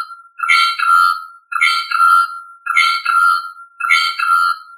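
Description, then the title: Bird singing a short, ringing, somewhat buzzy phrase repeated steadily about once a second, each phrase with two linked parts. "LuckyPassaro Completos2Sama"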